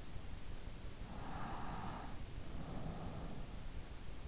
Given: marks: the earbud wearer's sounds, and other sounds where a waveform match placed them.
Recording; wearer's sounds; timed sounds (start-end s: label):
sounds in sleep by an in-ear microphone; breath
1.12-3.45 s: breath